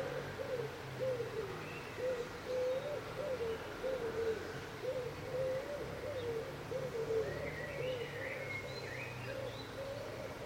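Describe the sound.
Bird song: a low, mellow warbling series of short notes running steadily throughout, with a few faint higher whistles late on and background hum.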